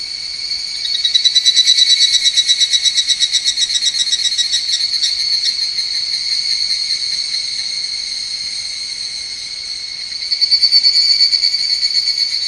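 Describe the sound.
Higurashi cicada call: a bright pulsing series of high notes for about four seconds, fading into a steady high drone, then a second short pulsed burst near the end.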